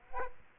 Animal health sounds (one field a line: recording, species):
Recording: mosquito wingbeat signal from an infrared sensor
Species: Aedes aegypti